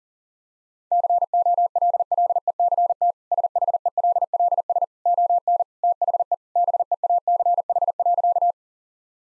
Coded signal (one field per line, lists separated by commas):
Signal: Morse code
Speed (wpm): 37 wpm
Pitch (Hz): 700 Hz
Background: none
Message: COLLECT SHELLS ON THE BEACH.